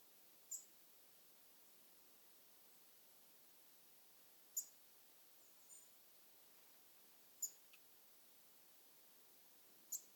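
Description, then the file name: European robin calls: thin, very high, sharp notes given singly every few seconds, with a few fainter notes between, over a steady low hiss. "Erithacus rubecula"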